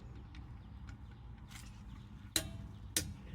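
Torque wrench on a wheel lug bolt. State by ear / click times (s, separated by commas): torque reached / 2.4 s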